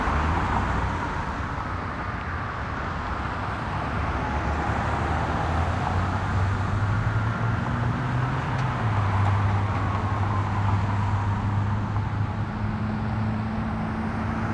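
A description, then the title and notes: Steady, dense traffic roar beside a busy road, with deep engine rumble throughout and a faint tone slowly falling in pitch. Hanging by the Busy Road - Ambient Noise.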